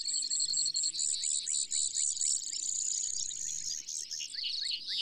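Brewer's sparrow song, a long run of high trills and buzzes changing pace, with faint low background noise.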